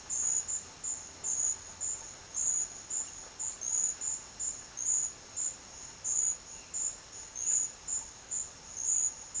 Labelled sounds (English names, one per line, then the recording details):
none
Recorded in pastures near Puerto Asís, Putumayo, Colombia, on 22 June 2025 at 12:00
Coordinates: 0.502, -76.324
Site G010